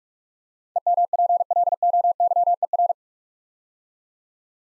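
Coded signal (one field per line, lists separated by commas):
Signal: Morse code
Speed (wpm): 46 wpm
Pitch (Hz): 700 Hz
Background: none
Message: EMPLOYER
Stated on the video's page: Morse Code Ninja "Build A Word" practice: 8-letter words built up three letters at a time, sent at 45 wpm for instant character recognition.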